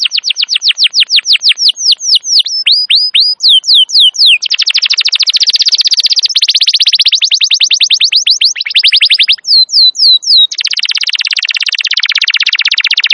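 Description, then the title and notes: Atlantic canary song with quick falling whistles, a long rolling trill, brief bursts of swept notes and a final rich, churring trill. Wild canary singing long and energetically; recording used as a master to lure or train canaries. "Pikat Kenari GACOR PANJANG INI Cocok Untuk Masteran KENARI LIAR. Masteran burung kenari gacor parah"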